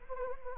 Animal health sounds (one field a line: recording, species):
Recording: mosquito wingbeat signal from an infrared sensor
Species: Anopheles arabiensis